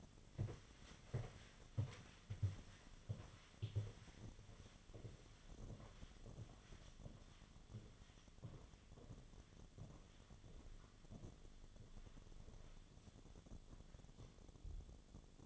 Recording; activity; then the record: daily activity, microphone in the room; walk to room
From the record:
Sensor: 4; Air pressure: 1011.0 hPa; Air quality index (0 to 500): 160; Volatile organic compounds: 4 ppm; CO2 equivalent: 1632 ppm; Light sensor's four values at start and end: 42/120/49/50 and 45/127/51/53